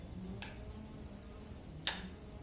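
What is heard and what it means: A torque wrench tightens the next bolt on a prototype sprocket adapter fitted with a Vortex 58-tooth sprocket. Faint ticks come at 0.4 s and 2.5 s, and a sharp click comes at 1.9 s. That click shows the wrench has reached its torque setting.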